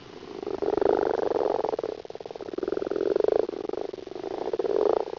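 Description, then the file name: Common frog purring croaks: low, rapidly pulsed grumbling bouts, three in a row, with short pauses between. "bruinekikker"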